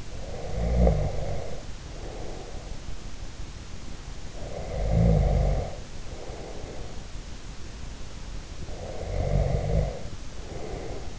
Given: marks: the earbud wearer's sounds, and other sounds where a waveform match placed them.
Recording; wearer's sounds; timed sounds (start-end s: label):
sounds in sleep by an in-ear microphone; snoring breath
0.00-2.77 s: snoring breath
4.45-6.88 s: snoring breath
8.57-11.19 s: snoring breath